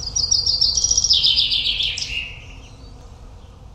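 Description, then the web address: Common chaffinch song, a rapid series of bright repeated notes falling steadily in pitch and closing with a lower, slurred flourish after about two seconds. "Deverinetal"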